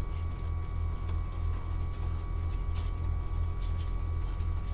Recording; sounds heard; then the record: poultry house recording; no chicken sound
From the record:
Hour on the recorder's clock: 16